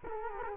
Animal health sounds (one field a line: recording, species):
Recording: mosquito wingbeat signal from an infrared sensor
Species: Culex quinquefasciatus